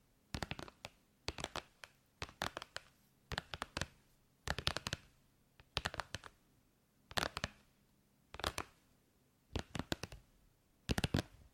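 Tapping in quick clusters of three to five sharp, bright clicks, each burst lasting about half a second and coming roughly once a second across the twelve seconds. Short quiet gaps separate the bursts, with a faint low hum underneath throughout.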